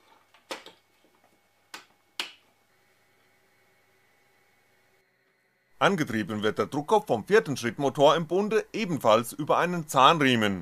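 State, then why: Seated. A new ink cartridge is pressed back into the print-head holder of a homemade printer. A few faint taps come first, then sharp snap-like hits at 1.7 s and 2.2 s, the loudest at 2.2 s, when the cartridge clips in. After a quiet stretch, someone talks.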